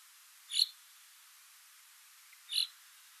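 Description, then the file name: Common chaffinch with two crisp, brief call notes about two seconds apart and little else audible. "Fringilla coelebs"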